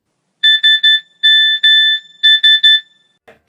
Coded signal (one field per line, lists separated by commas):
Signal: Morse code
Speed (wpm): 12 wpm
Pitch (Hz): 1750 Hz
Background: none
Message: SMS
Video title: what is Morse Code?? Morse Code #shorts #technology